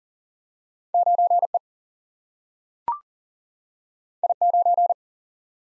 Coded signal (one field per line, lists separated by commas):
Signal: Morse code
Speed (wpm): 40 wpm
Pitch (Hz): 700 Hz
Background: none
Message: 9E I9